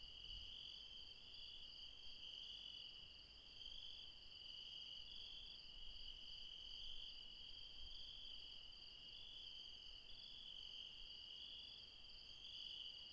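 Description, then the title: Insects giving a dense, unbroken high-pitched chorus; the highest band drops out briefly a few times while the lower tones continue. Late night in the mountains at Refuge Krevatia, Barbala (Μπαρμπαλά), Dion, Greece. "Refuge Krevatia, Μπαρμπαλά, Dion 601 00, Greece - Late night mountain insects"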